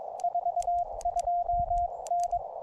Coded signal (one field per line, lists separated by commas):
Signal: Morse code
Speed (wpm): 21 wpm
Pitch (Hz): 700 Hz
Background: radio noise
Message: 42N